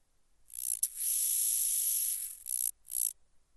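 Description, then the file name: Large banded grasshopper song, a loud rasping hiss sustained for about two seconds, then two short separate bursts, with quiet low rumble beneath. "Arcyptera fusca Arcyptere bariolee"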